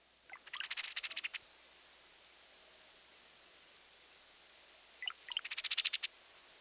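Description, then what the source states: Brown-headed Cowbird sputtering chatter, a rapid burst of dry clicking notes with a high squeaky note in it, heard twice about five seconds apart over a light hiss. A sputtering chatter that the cowbird often adds in flight.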